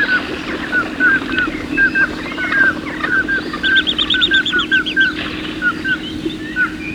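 Bird song: bright whistled notes in an irregular run. A rapid high trill cuts in midway, with a faint low hum throughout.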